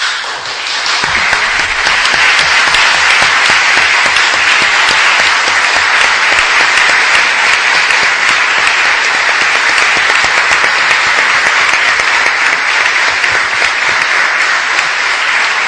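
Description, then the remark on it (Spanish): Sustained applause from many people in a municipal council chamber after a unanimous vote, a dense, steady clatter of clapping that holds at a loud, even level for about fifteen seconds without fading, with no voices standing out. “pero desde luego este aplauso significa lo que sentimos todos en este momento”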